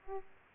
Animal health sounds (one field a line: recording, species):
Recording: mosquito wingbeat signal from an infrared sensor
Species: Aedes aegypti